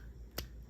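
A plastic peg on a Transformers Studio Series Voyager Constructicon Scrapper figure is pressed only partway into its socket during transformation, giving a single short snap at 0.4 s. The peg is left half-seated rather than fully home, and the joint still works that way, with about three-quarters of the way in suggested instead of fully seated.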